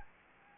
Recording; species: mosquito wingbeat signal from an infrared sensor; Anopheles gambiae